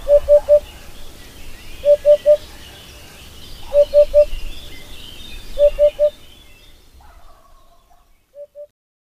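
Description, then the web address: Eurasian hoopoe repeating soft, even triple hoots roughly every two seconds, then falling quiet before one last fainter pair of hoots. "agykontroll Madardalok Cd 2. Búbosbanka"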